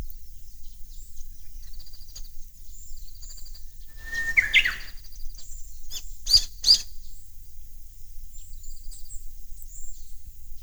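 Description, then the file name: Japanese bush warbler singing one short whistled note that breaks into a brief ornamented flourish, followed by two sharp clicks; thin high bird chirps and low rumble continue in the background. "ウグイス音声"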